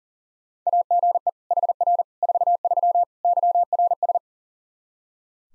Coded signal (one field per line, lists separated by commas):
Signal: Morse code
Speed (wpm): 40 wpm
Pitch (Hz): 700 Hz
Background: none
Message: AGE HR 43 YRS